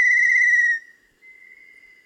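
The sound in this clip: Tinamou whistle: a strong, pure, level note lasting under a second, then a pause and a fainter, thin whistle at about the same pitch.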